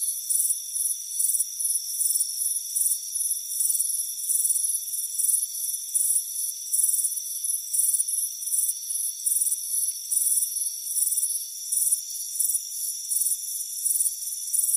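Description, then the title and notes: Chirping crickets, a dense pulsing of high-pitched bursts above a continuous insect whine. Crickets chirping on a warm afternoon at a front porch. "Soothing Crickets Chirping Sound. It's a warm afternoon as you relax in a hammock on the front porch. Relax and fall asleep to the soothing sound of chirping crickets. Deep Sleep Sounds"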